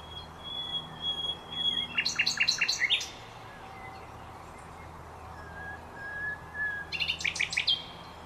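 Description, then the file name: Common nightingale song: a thin held whistle, then a burst of rapid repeated notes, a pause with faint whistles, and another quick stuttering series near the end. "Luscinia megarhynchos"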